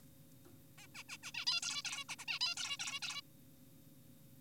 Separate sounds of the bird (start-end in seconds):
0.78-0.87, 0.95-1.03, 1.09-1.18, 1.23-1.32, 1.35-1.45, 1.47-1.61, 1.63-1.82, 1.85-2.04, 2.09-2.16, 2.19-2.25, 2.28-2.39, 2.41-2.55, 2.57-2.77, 2.80-3.00, 3.02-3.21